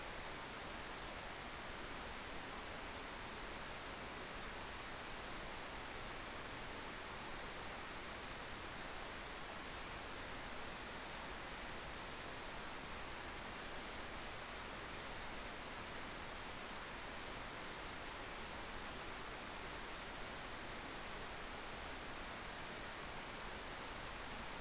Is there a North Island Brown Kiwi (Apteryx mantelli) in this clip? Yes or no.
no